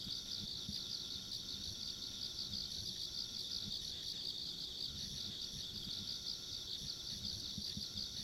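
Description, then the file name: Insects trill in a thick, unbroken high chorus with even pulses, over a quiet low rumble. Ambient insect sounds along a rural country road. "田舎道の虫の環境音"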